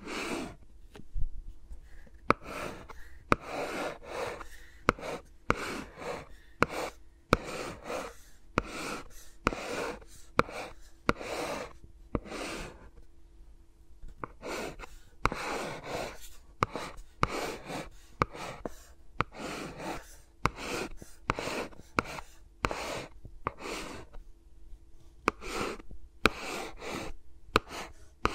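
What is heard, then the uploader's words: Fingers rub and brush against microphones in a steady run of short, crisp swishes and scratchy strokes, with no talking. Strokes come about every half second, with brief pauses, and occasional sharper taps and clicks stand out. A faint low hum runs underneath. ASMR with Mics Around My Fingers (No Talking).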